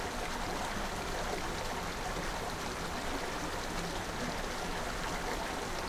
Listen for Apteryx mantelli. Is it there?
no